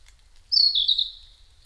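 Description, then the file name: Narcissus flycatcher giving a single clear whistle, sliding down from high to slightly lower pitch over about half a second, with a quiet background. Recorded on 5 May 2008 at 07:22. "kibitaki-20080505-0722"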